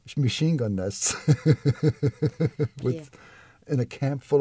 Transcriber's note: laughs